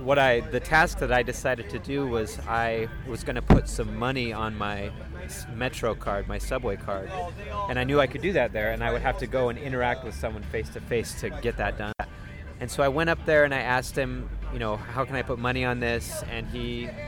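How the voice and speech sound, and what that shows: An adult man who does not stutter, a speech therapy master's student, tells a short story at an easy conversational pace in a mid-low voice, with smooth phrasing and only brief natural pauses. Speech is fluent, with no blocks, prolongations or sound repetitions, and the voice quality is ordinary.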